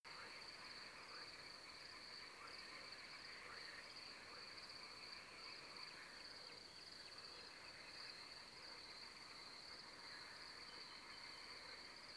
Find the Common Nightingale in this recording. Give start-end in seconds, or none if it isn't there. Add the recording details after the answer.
5.78-8.15, 10.67-11.39. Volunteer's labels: Autre biophonie grillon; Autre biophonie grenouilles; Luscinia megarhynchos megarhynchos. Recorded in France